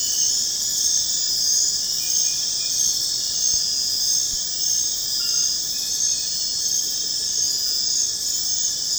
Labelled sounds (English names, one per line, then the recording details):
none
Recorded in secondary vegetation near Puerto Asís, Putumayo, Colombia, on 25 June 2025 at 21:30
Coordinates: 0.484, -76.319
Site G074